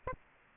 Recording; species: mosquito wingbeat signal from an infrared sensor; Aedes albopictus